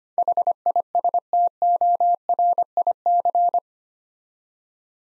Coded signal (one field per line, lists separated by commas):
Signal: Morse code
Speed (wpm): 25 wpm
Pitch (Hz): 700 Hz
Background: none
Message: HISTORIC